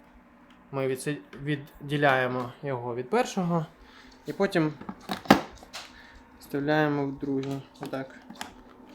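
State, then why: Seated. The removable battery pack from one Dreame Mova K30 Mix (HMV24A) washing stick vacuum is pushed into the handle of the second unit while someone talks. A sharp click at 8.4 s shows the battery has latched into the handle; it must latch securely or it will fall out.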